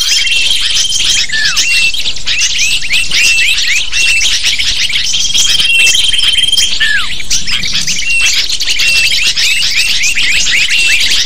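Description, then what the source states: Lovebird: dense shrill chirping of many lovebirds, quick squeaky calls overlapping continuously, a faint long thin tone in places. Lure recording (pikat) used to attract lovebirds.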